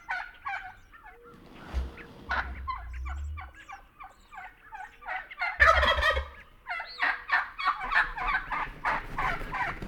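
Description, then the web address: Wild turkey gobbling, dense rattling calls with a loud gobble burst near the middle. "Songs of Birds of North America Know Your Bird Sounds Common Western Species. Wild Turkey"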